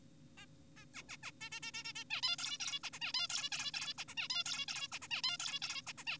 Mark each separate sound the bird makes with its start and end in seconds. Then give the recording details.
0.38-0.46, 0.77-0.85, 0.95-1.03, 1.09-1.17, 1.23-1.32, 1.41-1.50, 1.52-1.60, 1.63-1.71, 1.74-1.84, 1.85-1.93, 1.96-2.04, 2.10-2.21, 2.23-2.36, 2.39-2.58, 2.60-2.80, 2.84-2.90, 2.93-2.99, 3.02-3.12, 3.14-3.28, 3.30-3.50, 3.52-3.72, 3.74-3.94, 3.98-4.04, 4.08-4.14, 4.17-4.28, 4.30-4.44, 4.46-4.66, 4.68-4.88, 4.92-4.99, 5.02-5.08, 5.11-5.22, 5.24-5.37, 5.40-5.59, 5.62-5.82, 5.87-5.93, 5.98-6.04, 6.07-6.18. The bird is an adult. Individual g4p5U